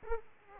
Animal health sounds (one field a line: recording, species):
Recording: mosquito wingbeat signal from an infrared sensor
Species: Aedes aegypti